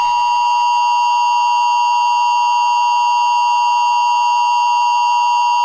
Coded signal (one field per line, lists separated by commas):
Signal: Emergency Alert System (SAME) tones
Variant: 853 and 960 Hz attention tone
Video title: Emergency alert system practice tornado drill during SpongeBob April 20th 2016 mock